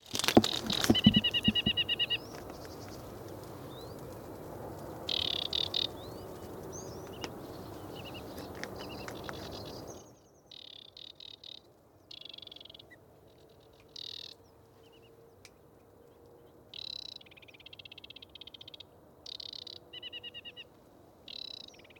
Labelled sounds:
Aquatic Warbler
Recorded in the wild
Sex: male
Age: adult
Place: Schwedt, Unteres Odertal, Brandenburg, DE
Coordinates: 53.05, 14.3
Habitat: wet meadow
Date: 2024-06-16 20:52
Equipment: Sound Devices 702, Sennheiser MKH 415 T, Rhode Windschutz
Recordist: Frommolt, Karl-Heinz

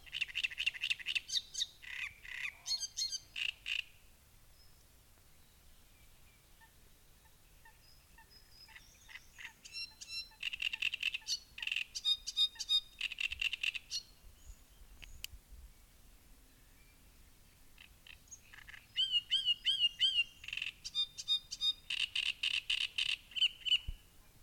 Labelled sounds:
Great Reed Warbler
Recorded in the wild
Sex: male
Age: adult
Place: Müggelsee, Berlin, DE
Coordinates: 52.43, 13.64
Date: 1990-05-20
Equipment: Uher 4400 Report Monitor, Sennheiser ME 80, K 30 AV
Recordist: Fischer, Stefan

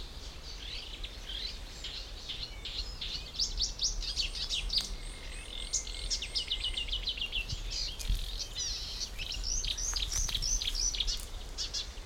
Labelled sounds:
Marsh Warbler
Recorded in the wild
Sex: male
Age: adult
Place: Blankenfelde, Tegeler Fließ, Berlin, DE
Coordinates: 52.645, 13.395
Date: 1992-05-30 11:54
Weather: sonnig, heiter bis wolkig, 20-24°C, böiger Wind
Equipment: Marantz CP 430, Sennheiser ME 80, K 30 AV, Kopie Tesla B 116
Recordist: Tembrock, Günter

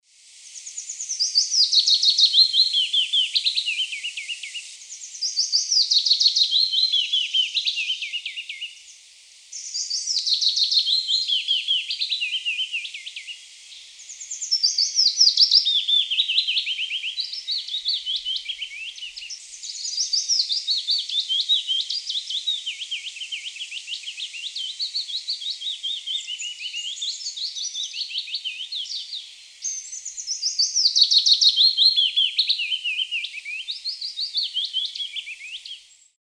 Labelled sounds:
Willow Warbler
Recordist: Tembrock, Günter
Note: Gesang

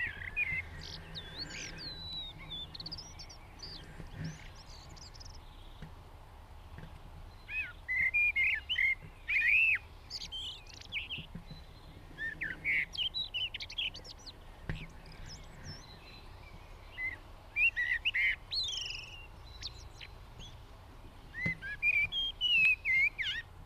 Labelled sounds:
Common Blackbird song
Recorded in the wild
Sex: male
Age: adult
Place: Garmisch-Partenkirchen, Bayern, DE
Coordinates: 47.4903, 11.0708
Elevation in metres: 709
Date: 1967-04-02
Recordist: Tretzel, Erwin

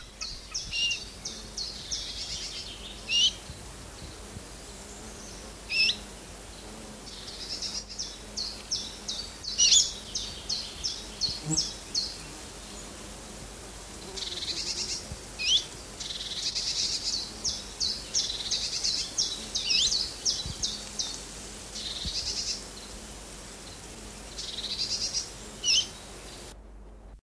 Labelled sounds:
Icterine Warbler call
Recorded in the wild
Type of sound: call
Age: adult
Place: Steinhuder Meer, Niedersachsen, DE
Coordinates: 52.4734, 9.33772
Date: 1986-07-01
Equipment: Halbspur, 9,5 cm/s
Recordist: Lütgens, Hans
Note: Ältere Flügge, Rufe

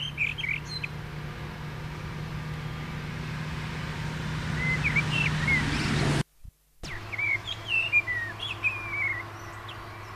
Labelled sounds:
Common Blackbird song
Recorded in the wild
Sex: male
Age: adult
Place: Lörrach, Baden-Württemberg, DE
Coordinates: 47.6164, 7.67083
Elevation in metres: 306
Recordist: Tretzel, Erwin

